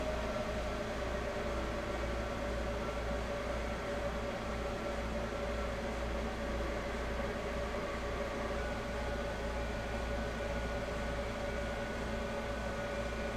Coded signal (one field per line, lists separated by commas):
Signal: FT8